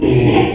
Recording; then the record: squeal of a Yucatan mini pig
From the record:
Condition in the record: after surgery on the right vocal fold (resection and tissue-engineered implant); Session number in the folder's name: 2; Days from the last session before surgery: 13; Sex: male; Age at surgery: 12 weeks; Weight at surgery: 13 kg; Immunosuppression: cyclosporine, prednisolone